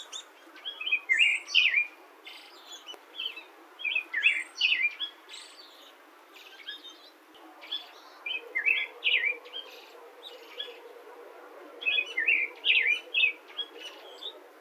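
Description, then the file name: Pale thrush song of fluted, slurred phrases mixed with high thin notes, given in clusters every few seconds; a faint steady hum runs under the later part. Recorded 31 March 2022 at Oyaguchi, Saitama. "shirohara 220331 saitama oyaguchi"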